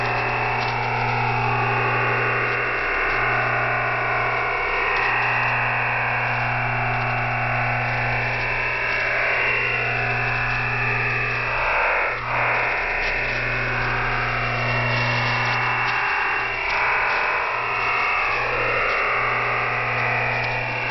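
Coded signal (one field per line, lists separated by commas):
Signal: digital SSTV (DRM)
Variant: EasyDRF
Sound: steady wide rushing hiss-like digital signal with fading swirls throughout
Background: radio static, low hum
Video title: Shortwave Radiogram EasyDRF Part 2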